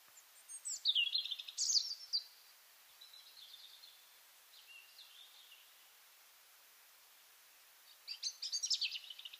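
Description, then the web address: European robin: two loud bursts of high, tumbling, tinkling notes, with a faint thin warble in between and a quiet pause before the final burst. "SETE data Erithacus rubecula"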